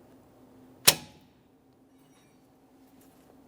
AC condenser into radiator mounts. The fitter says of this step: I've heard my click.